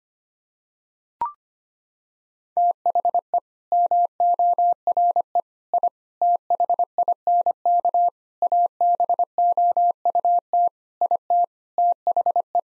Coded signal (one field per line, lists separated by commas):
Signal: Morse code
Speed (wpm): 25 wpm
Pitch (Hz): 700 Hz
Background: none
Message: THE MORE I THINK ABOUT IT THE